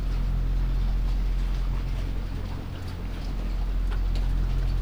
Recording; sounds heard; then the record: poultry house recording; sick chickens (respiratory disease)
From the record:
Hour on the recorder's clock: 1